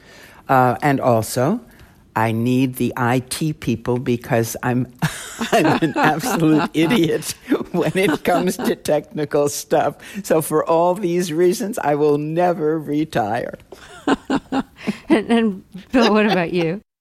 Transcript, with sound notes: And also, I need the IT people because I'm an absolute idiot when it comes to technical stuff. So for all these reasons, I will never retire.
(Laughter) And, Bill, what about you?